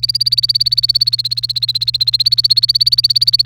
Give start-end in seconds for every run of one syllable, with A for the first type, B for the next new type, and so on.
0.00-3.46 A